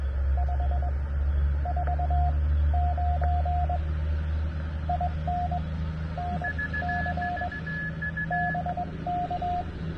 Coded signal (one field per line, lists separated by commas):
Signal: Morse code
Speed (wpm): 16 wpm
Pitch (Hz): 700 Hz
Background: radio noise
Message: 549 IN NC BK